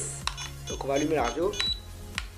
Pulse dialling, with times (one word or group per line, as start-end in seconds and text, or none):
none